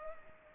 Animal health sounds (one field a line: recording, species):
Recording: mosquito wingbeat signal from an infrared sensor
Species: Culex pipiens